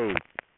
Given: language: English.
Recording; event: throat vibration sensor signal played as sound; speech